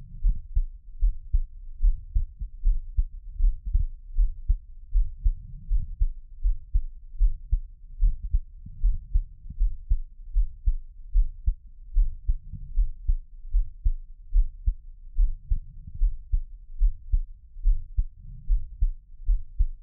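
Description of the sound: Steady, deep lub-dub thumps repeat at about 75 beats a minute, with no talking and only a faint low hum behind them. This is an ordinary, regular adult heartbeat, the person's own, recorded up close for Taiwanese ASMR listening.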